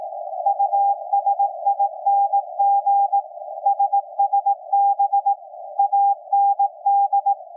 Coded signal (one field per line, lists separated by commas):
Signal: Morse code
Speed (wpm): 18 wpm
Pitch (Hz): 800 Hz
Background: none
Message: USING SSB AND